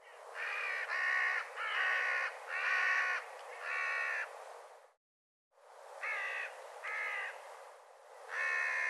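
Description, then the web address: Bird uttering a run of rough, cawing calls, several in quick succession, a short pause, then more caws over a faint hiss. "cianscape birddata"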